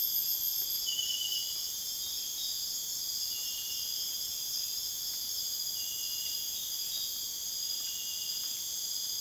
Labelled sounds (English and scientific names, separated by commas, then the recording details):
none
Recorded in dense forest near Puerto Asís, Putumayo, Colombia, on 23 June 2025 at 00:00
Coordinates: 0.484, -76.325
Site H65